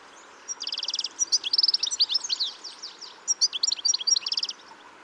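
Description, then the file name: European goldfinch twitter: rapid rattling trills and quick liquid slurred notes in two bursts separated by a short pause. "Carduelis carduelis"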